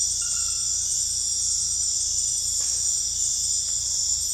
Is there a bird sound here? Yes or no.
no